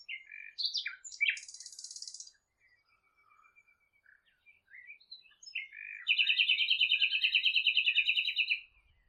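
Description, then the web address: Bird song of varied chirps and a buzzy high burst, a pause with soft twitters, then a long, fast, ringing trill of repeated notes. "cianscape birddata Deverinetal 2025 File origin Bird Only Lu Me"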